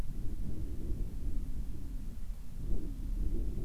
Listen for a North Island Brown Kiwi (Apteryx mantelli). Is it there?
no